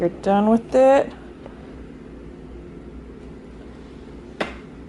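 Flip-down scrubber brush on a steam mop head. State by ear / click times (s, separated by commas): released / 4.4 s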